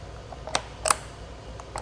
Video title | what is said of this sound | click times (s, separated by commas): Rotary Hammer - A Girl's Guide to Power Tools | And your new bit will just click right in. | 0.6 s, 0.9 s